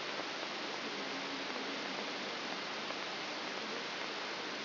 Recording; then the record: brain microelectrode recording played as sound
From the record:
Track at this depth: outside the subthalamic nucleus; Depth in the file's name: 6.501 mm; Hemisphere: left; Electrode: 3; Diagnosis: Parkinson's disease